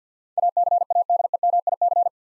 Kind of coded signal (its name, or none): Morse code